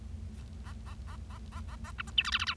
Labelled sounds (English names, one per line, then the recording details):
Bengalese Finch song
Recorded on 25 March 2012 at 13:49
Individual gy6or6